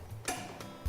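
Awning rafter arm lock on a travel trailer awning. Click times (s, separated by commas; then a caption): 0.3 s. The second rafter arm lock on a travel trailer awning is grabbed just above the lock and pulled back until it locks. A sharp click at 0.3 s shows it seating into place, followed by a fainter tick at 0.6 s. The lock is confirmed seated.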